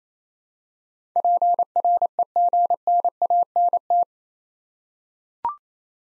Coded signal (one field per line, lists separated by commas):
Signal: Morse code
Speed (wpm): 28 wpm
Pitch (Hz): 700 Hz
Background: none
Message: PREGNANT